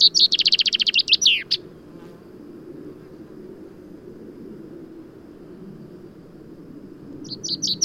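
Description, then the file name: Common chaffinch song: a fast trill ending in a flourish, then a quiet gap over low rumble, and another song starting at the end. "Fringilla coelebs"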